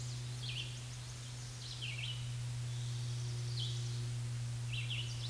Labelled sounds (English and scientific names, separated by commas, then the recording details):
Red-eyed Vireo (Vireo olivaceus) song
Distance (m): 30 m
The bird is about 10 m above the microphone
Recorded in a Pennsylvania forest on 16 May 2024 at 07:56
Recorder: AudioMoth, point MSD-2376
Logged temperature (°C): 16.7 °C
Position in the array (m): 149 m, 27 m